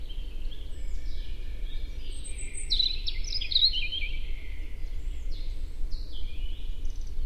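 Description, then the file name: European robin giving a single high, jumbled phrase of sharp thin notes and slides, amid faint softer notes and a continuous low hum. "Erithacus rubecula"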